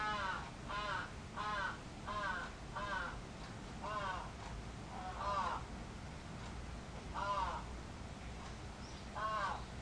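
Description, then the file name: Crow giving a run of hoarse caws, quick at first, then slower and more spaced out. Recorded 11 July 2011. "karasu 110711 0823"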